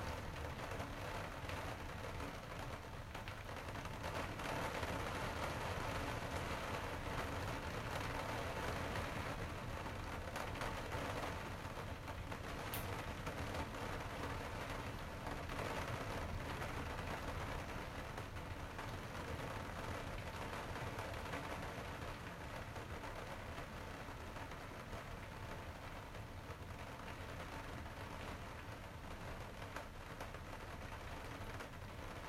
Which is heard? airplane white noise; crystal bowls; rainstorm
rainstorm